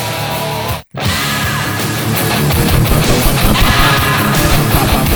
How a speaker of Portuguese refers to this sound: Olha só o riff puro da guitarra, assim, o solo, ó. Do início. Do início da música? É, volta do zero.